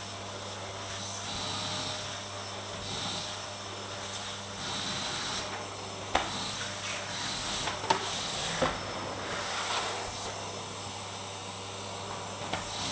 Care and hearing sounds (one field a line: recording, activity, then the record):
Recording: daily activity, microphone in the room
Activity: vacuum cleaning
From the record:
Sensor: 3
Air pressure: 1000.1 hPa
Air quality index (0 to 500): 136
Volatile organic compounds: 2 ppm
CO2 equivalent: 1210 ppm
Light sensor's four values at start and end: 40/100/43/47 and 39/93/41/46